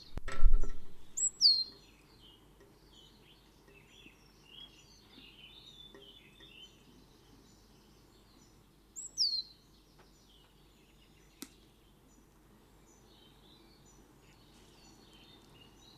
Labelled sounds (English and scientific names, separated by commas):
Great Tit (Parus major) call